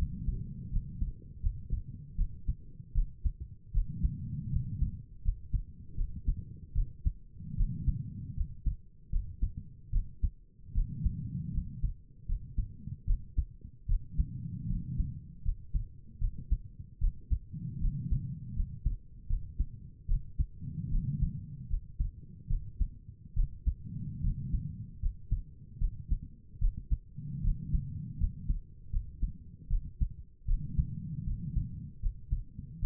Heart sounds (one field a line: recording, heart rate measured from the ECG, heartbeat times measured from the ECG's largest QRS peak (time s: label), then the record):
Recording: heart sounds by stethoscope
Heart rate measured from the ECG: 77 bpm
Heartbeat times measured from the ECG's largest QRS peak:
0.72 s: heartbeat
1.42 s: heartbeat
2.17 s: heartbeat
2.94 s: heartbeat
3.73 s: heartbeat
4.52 s: heartbeat
5.24 s: heartbeat
5.97 s: heartbeat
6.75 s: heartbeat
7.57 s: heartbeat
8.36 s: heartbeat
9.11 s: heartbeat
9.92 s: heartbeat
10.74 s: heartbeat
11.53 s: heartbeat
12.27 s: heartbeat
13.06 s: heartbeat
13.88 s: heartbeat
14.68 s: heartbeat
15.44 s: heartbeat
16.20 s: heartbeat
17.00 s: heartbeat
17.80 s: heartbeat
18.55 s: heartbeat
19.28 s: heartbeat
20.08 s: heartbeat
20.91 s: heartbeat
21.69 s: heartbeat
22.49 s: heartbeat
23.35 s: heartbeat
24.22 s: heartbeat
25.01 s: heartbeat
25.80 s: heartbeat
26.60 s: heartbeat
27.43 s: heartbeat
28.19 s: heartbeat
28.91 s: heartbeat
29.69 s: heartbeat
30.47 s: heartbeat
31.26 s: heartbeat
32.01 s: heartbeat
32.81 s: heartbeat
From the record:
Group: healthy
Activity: rest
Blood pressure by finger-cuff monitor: 101/62 mmHg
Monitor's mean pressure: 73 mmHg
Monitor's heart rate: 77 bpm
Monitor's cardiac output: 6.3 L/min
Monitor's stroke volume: 83 mL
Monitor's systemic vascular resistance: 820 dyn s/cm5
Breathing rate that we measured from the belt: 18 breaths a minute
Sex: female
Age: 22 years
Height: 163 cm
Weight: 67.1 kg